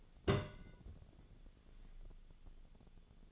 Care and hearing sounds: daily activity, microphone in the room; place on stove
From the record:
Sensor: 4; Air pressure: 1000.8 hPa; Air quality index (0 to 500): 125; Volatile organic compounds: 1 ppm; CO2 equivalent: 942 ppm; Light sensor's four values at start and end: 46/113/48/53 and 45/111/47/52

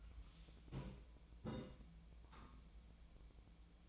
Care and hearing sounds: daily activity, microphone in the room; take from stove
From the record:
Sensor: 1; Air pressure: 1010.0 hPa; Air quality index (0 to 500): 187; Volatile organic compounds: 17 ppm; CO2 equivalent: 2569 ppm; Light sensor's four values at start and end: 37/96/40/49 and 38/96/40/49

